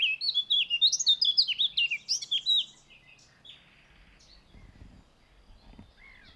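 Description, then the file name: Eurasian blackcap warbling quickly for under three seconds with varied chirping notes, followed by quiet with faint low rumbling. "Sylvia atricapilla"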